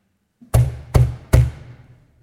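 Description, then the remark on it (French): Three heavy, evenly spaced knocks on the wooden entrance door of the Capuchin chapel in the capital, struck as a coffin is carried to the door; each a deep booming thud with a short ringing decay, no voices present. “Alors que le cercueil du défunt est transporté jusqu'à la porte de la chapelle des Capucins de la capitale, on frappe 3 coups à la porte d'entrée.”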